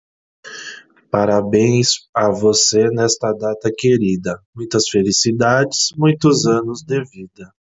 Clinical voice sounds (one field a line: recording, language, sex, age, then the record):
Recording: short text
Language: Brazilian Portuguese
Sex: male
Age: 30 to 39 years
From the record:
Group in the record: control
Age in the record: 39 years